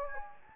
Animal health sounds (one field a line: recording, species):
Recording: mosquito wingbeat signal from an infrared sensor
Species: Anopheles gambiae